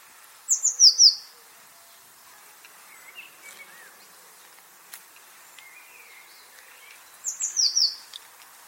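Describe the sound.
Eurasian blue tit calls: two brief bursts of thin, very high notes, each a quick falling series of three or four, about seven seconds apart, with faint lower chirps between.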